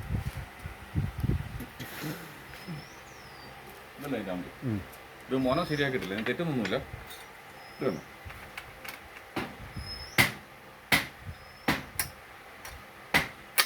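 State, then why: Seated. A speargun spear is pushed into the gun until it engages the trigger catch while someone talks. Two sharp clicks are heard at 11.7 and 12.0 seconds as the spear locks into the trigger catch.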